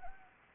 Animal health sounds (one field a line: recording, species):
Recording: mosquito wingbeat signal from an infrared sensor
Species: Anopheles arabiensis